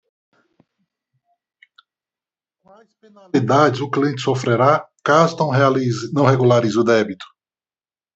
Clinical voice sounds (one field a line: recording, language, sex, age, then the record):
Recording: spoken sentence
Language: Brazilian Portuguese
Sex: male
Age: 50 to 59 years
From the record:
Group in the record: control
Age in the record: 55 years